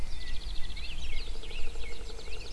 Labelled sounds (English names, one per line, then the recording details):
Song Thrush
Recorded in Germany
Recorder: ecoPi